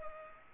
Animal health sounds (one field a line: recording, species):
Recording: mosquito wingbeat signal from an infrared sensor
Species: Culex pipiens